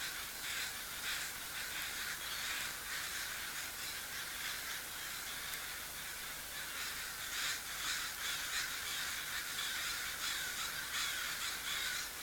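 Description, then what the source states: A crowd of crows keeps up rough, overlapping cawing for the whole stretch, fairly steady in loudness. Crow recorded at sea.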